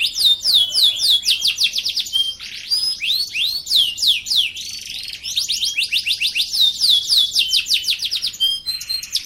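Bird singing a long, varied medley: quick repeated downward-sweeping notes, sharp high chips and brief clear whistles, delivered almost without pause against a quiet background.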